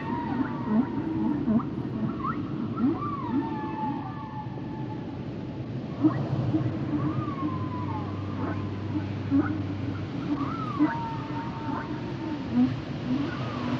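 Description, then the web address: Whale song with looping, wavering whistled phrases repeated several times and a brief low steady hum midway, over a rumbling background. "Natures Songs Whale Songs Whales and Dolphins - whale nature sounds songs"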